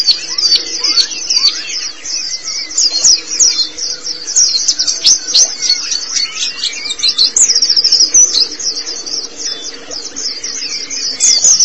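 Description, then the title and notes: White-eye song, a continuous high warbling chatter of fast thin notes, loud and sustained throughout, with a faint low hum beneath. Pleci song. "Kicauan Burung Pleci Durasi Panjang. Suara kicauan burung pleci"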